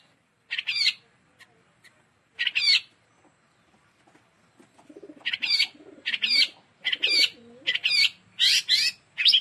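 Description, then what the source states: Long-tailed shrike singing harsh, buzzy bursts: first two isolated phrases, then a quicker run of them, over low, wavering cooing. Song described as kombinasi, a combination style.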